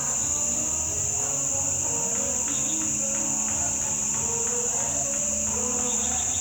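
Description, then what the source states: Insects keep up an unbroken high-pitched whine, with group singing of sustained melodic lines audible below it. Night ambience, Nkolmbong-Nord neighborhood, Émana, Yaoundé 1, Cameroon, 28 November 2023, 6:29 p.m.; Pentecostal congregation singing in background; iPhone 7, low quality.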